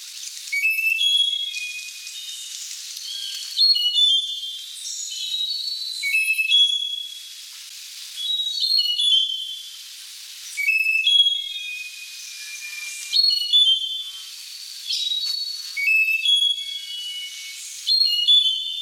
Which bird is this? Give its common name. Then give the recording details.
Slaty-backed Nightingale-Thrush. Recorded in the wild. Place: Monteverde Urwaldreservat, CR. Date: 1992-04-16. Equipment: Dat-Recorder Casio DA 7, Telinga DAT, Telinga-Parabolspiegel. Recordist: Schwarz, Dieter